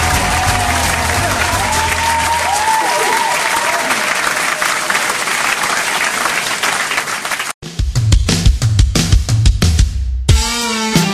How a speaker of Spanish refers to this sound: ¡Ay, qué bonito que lo reciban uno con aplausos y todo el asunto!